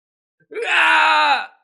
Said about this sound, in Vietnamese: Lại có thêm một người bị gió lốc màu đen cuốn lấy, gã chỉ kịp hét thảm một tiếng.